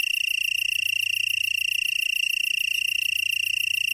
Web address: Songs of Insects. Black-horned Tree Cricket